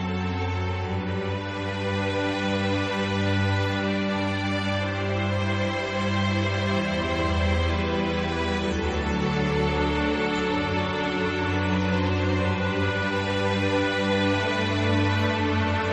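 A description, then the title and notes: Ambient music with rain: slow, sustained chords ride over a deep, steady bass tone, with the harmony shifting gently around the eight-to-ten second mark. A soft, even hiss sits high above throughout, and the overall level stays constant. Soothing Rain Sounds & Relaxing Ambient Music.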